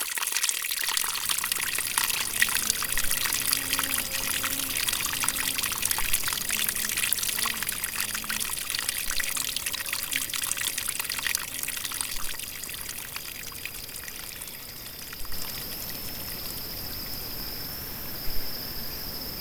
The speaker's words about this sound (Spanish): Miren a la orilla de la corriente de agua. Hermoso verlo, ¿no? Mire cómo el agua corre sobre su camino, puedo decir, ¿no? El agua.